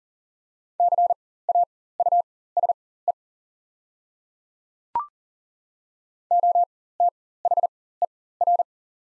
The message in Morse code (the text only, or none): CAUSE OTHER